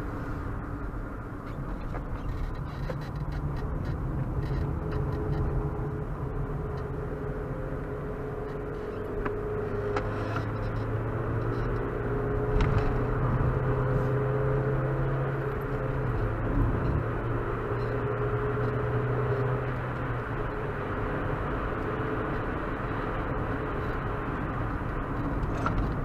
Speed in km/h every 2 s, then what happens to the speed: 69, 52, 51, 53, 60, 68, 76, 82, 87, 95, 100, 102, 90.
0-4 brakes to 51. 4-21 speeds up to 102. 21-26 slows to 90.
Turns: 0-8, 8-14.